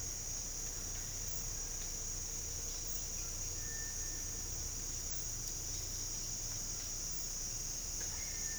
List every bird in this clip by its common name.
Cinereous Tinamou